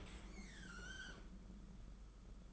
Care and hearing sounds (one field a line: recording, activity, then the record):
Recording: daily activity, microphone in the room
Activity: open dishwasher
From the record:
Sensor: 5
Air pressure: 991.5 hPa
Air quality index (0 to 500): 111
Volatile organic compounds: 28 ppm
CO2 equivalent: 2916 ppm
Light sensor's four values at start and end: 38/122/46/50 and 39/124/47/50